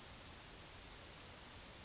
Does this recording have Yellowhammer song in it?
no